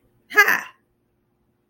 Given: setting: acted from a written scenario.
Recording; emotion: vocal sound without words; triumph